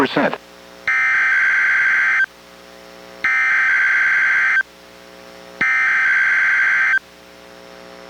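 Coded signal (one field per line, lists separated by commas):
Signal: Emergency Alert System (SAME) tones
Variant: header bursts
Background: speech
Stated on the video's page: NWR required weekly test from NWS Portland relayed by KEC91 Astoria, received on a Reecom R-1630 weather radio and recorded with a Zoom H1.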